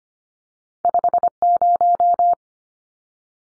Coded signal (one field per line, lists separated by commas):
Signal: Morse code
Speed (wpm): 25 wpm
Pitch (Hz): 700 Hz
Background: none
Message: 50